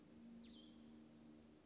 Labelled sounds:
Cassin's Vireo
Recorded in Sonoma County, California

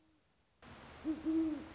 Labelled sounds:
Great Horned Owl
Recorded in Sonoma County, California

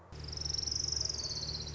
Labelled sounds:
Orange-crowned Warbler
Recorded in Sonoma County, California

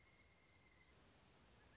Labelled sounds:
Pileated Woodpecker
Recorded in Sonoma County, California

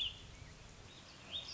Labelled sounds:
Warbling Vireo
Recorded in Sonoma County, California

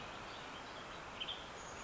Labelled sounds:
Western Tanager
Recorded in Sonoma County, California

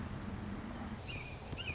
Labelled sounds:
Red-shouldered Hawk
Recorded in Sonoma County, California

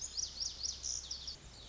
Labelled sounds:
Lazuli Bunting
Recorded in Sonoma County, California

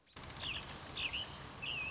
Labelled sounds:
American Robin
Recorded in Sonoma County, California

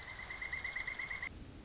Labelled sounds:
Pileated Woodpecker
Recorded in Sonoma County, California

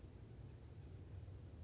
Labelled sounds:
Oak Titmouse
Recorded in Sonoma County, California

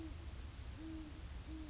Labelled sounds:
Great Horned Owl
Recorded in Sonoma County, California

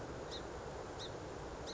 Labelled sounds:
Song Sparrow
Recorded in Sonoma County, California

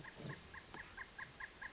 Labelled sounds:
Oak Titmouse
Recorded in Sonoma County, California

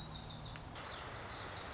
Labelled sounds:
Lazuli Bunting
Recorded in Sonoma County, California

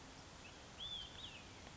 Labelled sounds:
Olive-sided Flycatcher
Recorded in Sonoma County, California

